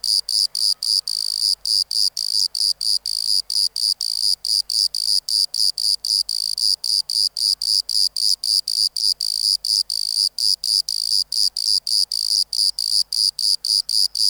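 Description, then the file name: Bordeaux cricket singing in a long run of crisp, high-pitched pulses, evenly spaced about four each second, over quiet background hiss. "Modicogryllus bordigalensis"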